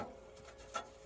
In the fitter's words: until it clicks into place. There we go.